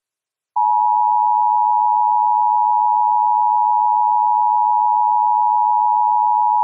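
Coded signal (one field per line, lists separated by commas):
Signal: Emergency Alert System (SAME) tones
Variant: 853 and 960 Hz attention tone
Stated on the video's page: Mock severe thunderstorm warning test alert with valid EAS tones.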